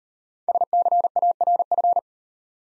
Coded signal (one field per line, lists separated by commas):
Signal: Morse code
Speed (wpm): 38 wpm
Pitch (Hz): 700 Hz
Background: none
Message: SCARF